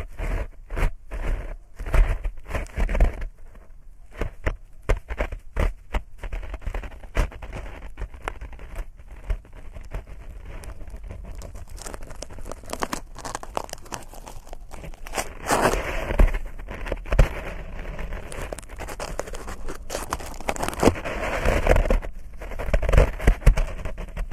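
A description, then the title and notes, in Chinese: Dry ear-cleaning sounds with no voice: quick scratchy clicks and crinkly rustles arrive in irregular bursts. The scraping grows denser and louder around the 15-second mark and again near 21 seconds, over a faint steady hiss. 掏耳无人声助眠。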